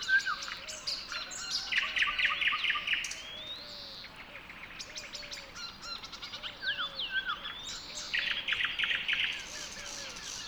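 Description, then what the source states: Busy bird chorus with repeated buzzy trills, looping whistled phrases and a low cooing call repeating underneath, plus many quick high chirps. Song recorded within a dawn chorus.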